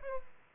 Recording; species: mosquito wingbeat signal from an infrared sensor; Aedes aegypti